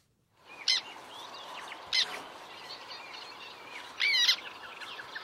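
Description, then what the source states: Black tern squeaking calls, three short harsh bursts spaced one to two seconds apart over a noisy background. Squeaking call to listen for at a black tern site.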